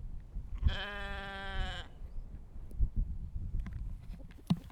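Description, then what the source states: Sheep bleating once, a long wavering nasal bleat of about a second, over low rumbling background noise with a few soft knocks. Recorded outdoors.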